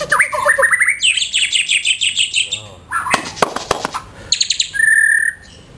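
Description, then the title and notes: White-rumped shama with a rising warble, a fast run of evenly spaced bright notes, harsh clicks, then a steady whistled tone. Song used as a master (masteran) for training caged songbirds. "Suara Kicau Burung Murai Batu. burung murai buat masteran"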